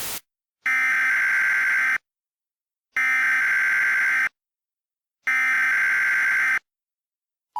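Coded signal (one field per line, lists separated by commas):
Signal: Emergency Alert System (SAME) tones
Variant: header bursts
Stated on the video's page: Fictional, simulated EAS alert made for entertainment; the final segment lacks the EAS tones.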